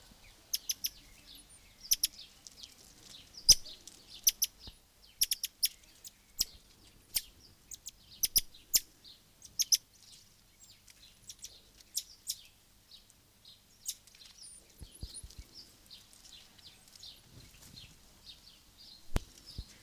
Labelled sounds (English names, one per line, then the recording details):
Brown-mantled Tamarin
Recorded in captivity
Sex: group
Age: adult
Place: Zoo Halle, Sachsen-Anhalt, DE
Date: 2002-06-17 16:30
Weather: sonnig, 27°C
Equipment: Nagra SN, Kopie Uher 4000 Report Monitor
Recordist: Tembrock, Günter